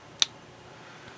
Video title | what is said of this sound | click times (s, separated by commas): Varsity Disposable Fountain Pens by Pilot | The caps seem pretty tight on. They do snap, | 0.2 s